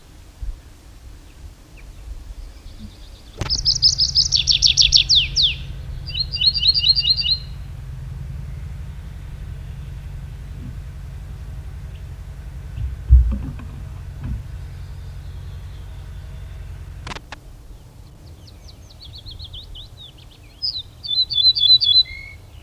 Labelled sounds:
Ortolan Bunting (Emberiza hortulana)

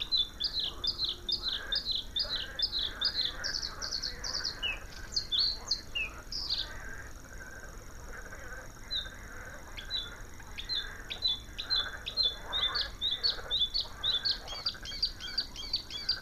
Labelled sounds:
Bluethroat (Luscinia svecica) song

